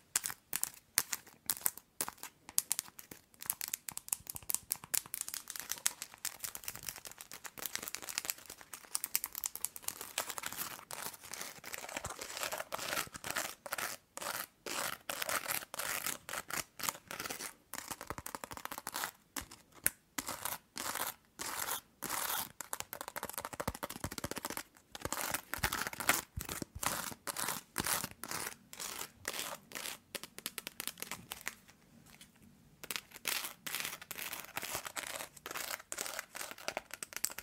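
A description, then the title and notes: Long nails tap and scratch, with dense bright clicks and scraping strokes filling most of the time. The pace stays busy but uneven, with brief gaps of near silence, notably around 25 and 32 seconds. ASMR Tapping and Scratching with LONG NAILS.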